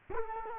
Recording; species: mosquito wingbeat signal from an infrared sensor; Culex quinquefasciatus